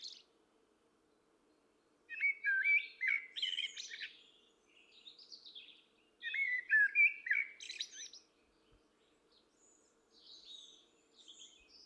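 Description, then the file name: Common blackbird song: two rich, warbled phrases of low fluty notes, each ending in a higher, squeaky twitter, separated by short pauses, with faint softer twitters after. "Turdus merula"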